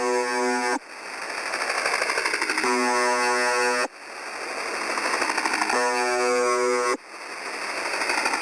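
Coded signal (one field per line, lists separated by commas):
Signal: channel marker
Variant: UVB-76 (The Buzzer)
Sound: harsh low buzz roughly one second long, repeating about every three seconds, amid rough noise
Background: radio static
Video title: 4625.00 Khz - UVB 76 - MDZhb - Strange Sound - Sonido Extraño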